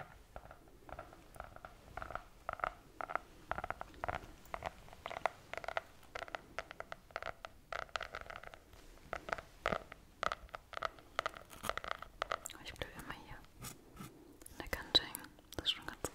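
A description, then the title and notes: Slow tapping in a steady, regular run of soft dry knocks, turning sharper and more scattered after about twelve seconds over a faint low rumble. ASMR Slow Tapping. In dieser Folge tappe ich auf mehr als 10 unterschiedlichen Gegenständen.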